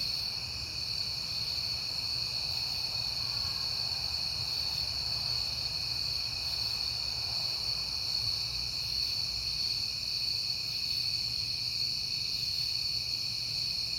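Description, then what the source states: Crickets in a dense, continuous chorus, a steady high shimmering trill with several overlapping pitches, over a faint low rumble. Crickets at night in September, on a peaceful night.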